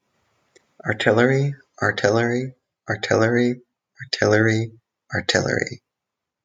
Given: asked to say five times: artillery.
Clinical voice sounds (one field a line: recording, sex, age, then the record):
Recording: repeated word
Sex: male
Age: 20 to 29 years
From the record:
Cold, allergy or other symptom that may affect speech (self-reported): no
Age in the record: 26 years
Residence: Maryland, United States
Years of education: 19